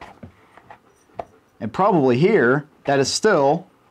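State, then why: Seated. A small semi-auto pistol is pushed into a larger polymer holster, with a few faint taps early on and then a sharp click at 1.2 s as it seats into the holster's retention despite the size mismatch. Someone talks afterward.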